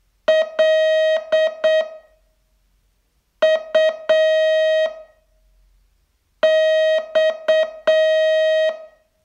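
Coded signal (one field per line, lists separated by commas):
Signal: Morse code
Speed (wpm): 8 wpm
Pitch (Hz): 630 Hz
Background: music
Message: LUX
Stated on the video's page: Morse training test, day 28 of a 42-day learning course.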